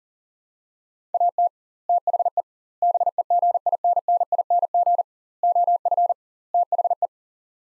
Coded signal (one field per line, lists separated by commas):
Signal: Morse code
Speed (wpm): 40 wpm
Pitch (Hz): 700 Hz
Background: none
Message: AT THE BEGINNING OF THE